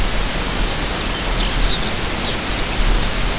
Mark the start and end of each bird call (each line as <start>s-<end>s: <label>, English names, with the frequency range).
1.05s-2.65s: Lapland Longspur (2.3-5.4 kHz)